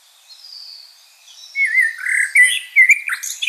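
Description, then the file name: Common blackbird song: faint high thin whistles, then low warbled fluty notes mixed with squeaky higher twitters toward the end. "Turdus merula"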